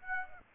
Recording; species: mosquito wingbeat signal from an infrared sensor; Aedes aegypti